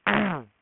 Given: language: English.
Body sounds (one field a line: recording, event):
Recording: throat vibration sensor signal played as sound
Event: throat clearing